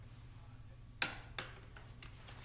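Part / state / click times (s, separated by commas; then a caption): click-type torque wrench on a paramotor frame bolt / torque reached / 1.0 s. A preset click-type torque wrench, held by the handle, tightens a frame bolt on an Adventure Pluma paramotor with a Vittorazi Moster 185 Dual Start engine. The wrench gives a sharp click at 1.0 s, followed by a softer knock at about 1.4 s and faint taps after. Over a steady low hum, the click marks the set torque being reached, and the fastener is done before moving to the other side.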